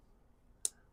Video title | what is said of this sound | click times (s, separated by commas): Mossy Oak 13-in-1 Multitool Pliers | Very nice. Each tool locks in place. I like that. | 0.7 s